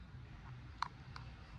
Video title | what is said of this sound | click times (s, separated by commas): VXR & Cars: How to do a Oil & Oil filter Change | that has sort of like the clips wants to go into that end, and you just want to press it into place until it clicks, and that is the oil filter ready to go back into the car. | 0.8 s